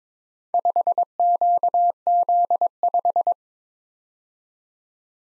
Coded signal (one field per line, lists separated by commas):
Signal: Morse code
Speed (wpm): 22 wpm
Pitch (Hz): 700 Hz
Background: none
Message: 5QZ5